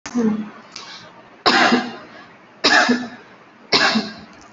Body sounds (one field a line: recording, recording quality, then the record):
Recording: heavy voluntary cough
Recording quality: excellent, no background noise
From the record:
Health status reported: healthy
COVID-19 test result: negative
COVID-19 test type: RT-PCR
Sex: female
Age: 23 years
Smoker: no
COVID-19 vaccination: one dose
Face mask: worn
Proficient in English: yes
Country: India